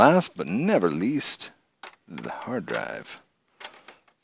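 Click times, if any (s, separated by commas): 3.6 s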